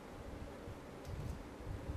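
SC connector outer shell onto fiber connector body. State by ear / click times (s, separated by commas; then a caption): not seated / none. A plastic SC outer shell is handled and pushed toward a terminated single-mode Corning Unicam fiber optic connector body. Steady broadband, wind-like noise is heard, with louder low-frequency handling bumps around 1.0–1.3 s and from 1.6 s to the end. The shell has not seated or clicked into place yet.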